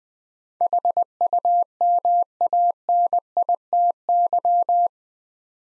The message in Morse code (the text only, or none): HUMANITY